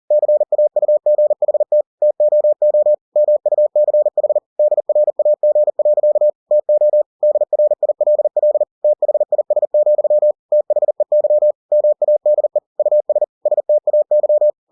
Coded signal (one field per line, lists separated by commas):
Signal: Morse code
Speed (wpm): 40 wpm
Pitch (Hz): 600 Hz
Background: none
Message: CAUGHT TOO MUCH DRAG. TO DRILL THIS, THEY MADE US STAY